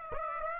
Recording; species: mosquito wingbeat signal from an infrared sensor; Aedes aegypti